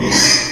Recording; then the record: squeal of a Yucatan mini pig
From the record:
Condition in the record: before surgery on the right vocal fold (resection and tissue-engineered implant); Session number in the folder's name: 2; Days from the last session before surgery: 0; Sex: male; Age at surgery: 12 weeks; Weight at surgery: 13 kg